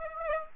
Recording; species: mosquito wingbeat signal from an infrared sensor; Aedes aegypti